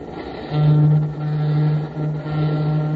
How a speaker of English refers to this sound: Hear that streamliner hoot out hello as she speeds across the country?